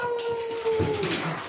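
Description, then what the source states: Dog giving one smooth howl on a steady, slightly falling pitch. Recorded inside a house; the dog gave one good howl when told to sing.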